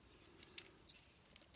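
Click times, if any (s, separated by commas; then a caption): none. A part of a plastic transforming action figure is being handled and pushed toward its socket on the figure body, with faint plastic ticks and small taps over low background noise. The sharpest tap comes at 0.6 s, with softer ones at 0.4 s and 1.4 s. Nothing has clicked into place yet.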